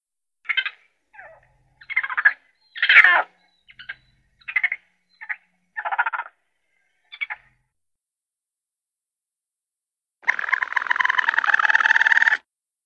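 Raccoon chittering in short squeaky bursts with gaps, followed by a longer harsh trilling chitter near the end.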